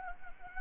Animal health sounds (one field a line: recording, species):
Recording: mosquito wingbeat signal from an infrared sensor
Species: Anopheles gambiae